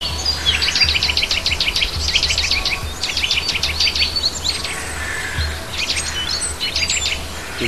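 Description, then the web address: Bird song, dense bursts of high chirps and trills in quick phrases, over a low steady hum. Native bird recorded at a hedge in March. "oeko hecke vogel maerz vogel heimisch"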